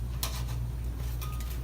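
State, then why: Seated. A steel hook on a steel gorget closed around the neck latches, locking the two halves of the neck plate together. A single sharp metallic click lands at 0.2 s over a steady low hum, followed by faint rustling. The hook is engaged and the gorget is locked shut.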